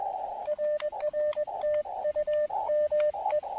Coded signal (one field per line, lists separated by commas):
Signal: Morse code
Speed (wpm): 20 wpm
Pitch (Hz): 590 Hz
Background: radio noise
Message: RR TU ME